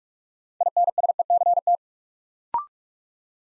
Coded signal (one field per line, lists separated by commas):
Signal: Morse code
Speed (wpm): 44 wpm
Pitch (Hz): 700 Hz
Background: none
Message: INSECT